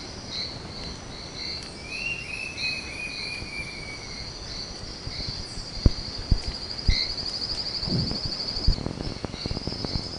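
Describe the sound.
Bird call: one thin whistle drawn out and slowly descending, set against a steady high buzzing hum and intermittent sharp clicks toward the end.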